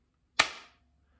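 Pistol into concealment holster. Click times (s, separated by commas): 0.4 s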